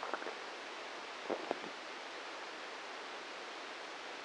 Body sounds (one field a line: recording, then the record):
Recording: brain microelectrode recording played as sound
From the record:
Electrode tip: inside the subthalamic nucleus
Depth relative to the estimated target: -1 mm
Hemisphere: right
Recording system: NeuroSet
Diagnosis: Parkinson's disease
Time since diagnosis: 13 years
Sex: male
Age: 63 years